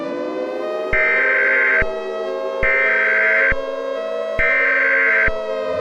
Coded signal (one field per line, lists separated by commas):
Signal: Emergency Alert System (SAME) tones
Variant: header bursts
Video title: EAS Scenario #33 Halloween Remaster (18+) CONTAINS JUMPSCARES